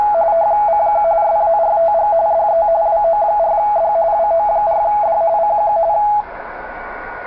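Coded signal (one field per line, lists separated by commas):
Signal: RTTY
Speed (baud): 45.45 baud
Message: CQ SARTG DE WO4D WO4D CQ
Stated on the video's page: RTTY CQ for the SARTG contest, received on a Tecsun PL-660 with a 42-foot speaker-wire antenna.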